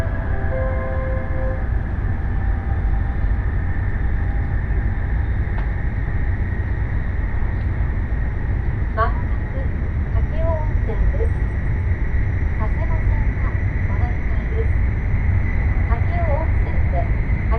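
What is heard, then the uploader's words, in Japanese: Steady low rumble inside a bullet train riding from Nagasaki toward Saga, with a faint high whine, brief tones early, and soft voices later. 西九州新幹線 長崎→佐賀。西九州新幹線の全線通し、全駅停車の列車に乗って佐賀まで向かいます。開業翌日ということもあり、指定席は満席。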